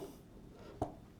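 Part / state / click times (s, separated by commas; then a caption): ball bearing pressed into a skateboard wheel / seated / 0.8 s. A skateboard ball bearing, red shield facing out, is pressed into the urethane wheel's hub with the truck axle used as a lever. Faint low background noise is followed by a single sharp pop at 0.8 s as the bearing seats.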